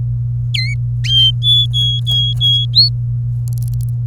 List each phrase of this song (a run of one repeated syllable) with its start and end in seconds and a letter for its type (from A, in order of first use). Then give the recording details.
0.54-0.74 A, 1.04-2.65 B, 2.73-2.89 C. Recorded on 24 April 2018 at 09:35. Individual llb3